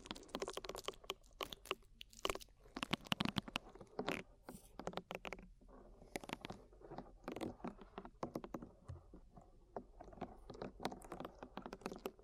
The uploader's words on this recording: ASMR Twin Ear Cleaning to Put You in a Coma (No Talking).